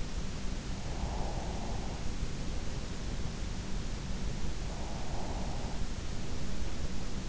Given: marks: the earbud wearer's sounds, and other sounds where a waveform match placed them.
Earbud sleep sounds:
sounds in sleep by an in-ear microphone; breath
0.38-2.95 s: breath
3.87-7.29 s: breath

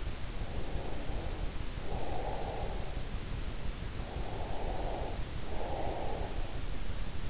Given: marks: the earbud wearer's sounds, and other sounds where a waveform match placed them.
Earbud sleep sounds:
sounds in sleep by an in-ear microphone; breath
0.37-2.88 s: breath
4.10-6.48 s: breath

